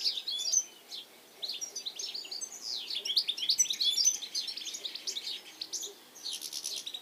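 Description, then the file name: European goldfinch calls: lively, tinkling twittering of quick liquid notes and short buzzy chirps, in bursts with brief pauses. "Carduelis carduelis"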